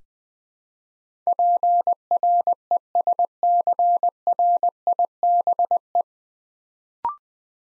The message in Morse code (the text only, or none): PRESCRIBE